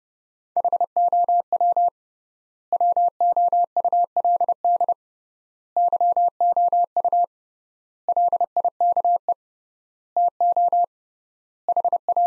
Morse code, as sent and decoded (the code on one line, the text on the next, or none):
.... --- .-- / .-- --- ..- .-.. -.. / -.-- --- ..- / .-.. .. -.- . / - --- / .... .-
HOW WOULD YOU LIKE TO HA